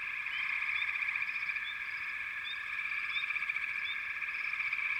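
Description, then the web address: Frog chorus, a dense steady trilling band with short rising chirps scattered over it, many callers overlapping without pause. "Nature Sounds Sounds of Nature Collection 28 Frog Chourus"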